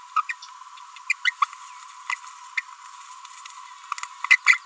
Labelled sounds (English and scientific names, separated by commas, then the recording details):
Green-rumped Parrotlet (Forpus passerinus) babbling
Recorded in a nest box in Venezuela
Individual 18B25A3